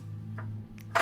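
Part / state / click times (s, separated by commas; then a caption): tilt-lock lever on folding table top frame / released / 1.0 s. Metal tilt-lock levers under the top frame of a Velocity heavy-duty flip-top folding mobile office table (metal frame, 250 kg rated) are flipped to release the top lock. Over a steady low hum, faint ticks come at 0.4 s and 0.8 s, then a loud sharp click at 1.0 s as the lever unlocks. The top is left in the unlocked position, free to tilt.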